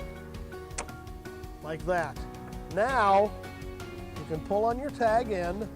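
A ratchet strap buckle's release mechanism is worked: with the spring release held pulled back, the handle is swung all the way over until the buckle breaks open at the back, giving a sharp click into the release position at 0.8 s. Someone talks throughout over background music, and a few softer knocks follow.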